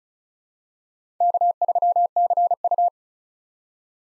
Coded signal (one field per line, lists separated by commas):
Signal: Morse code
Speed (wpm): 34 wpm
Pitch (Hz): 700 Hz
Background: none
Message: K3CU